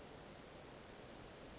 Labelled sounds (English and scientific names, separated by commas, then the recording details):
Western Flycatcher (Empidonax difficilis)
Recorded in Sonoma County, California